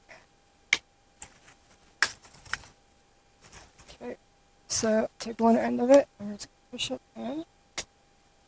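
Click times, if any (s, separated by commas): 7.8 s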